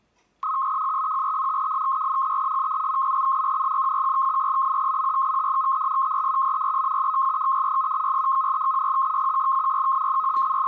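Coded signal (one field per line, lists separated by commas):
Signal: modem data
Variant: 100 baud FSK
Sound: steady warbling two-tone chatter around 1 kHz, continuous for about ten seconds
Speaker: I won't bore you with the whole Microsoft Windows 11 release notes, blog update. But that's what.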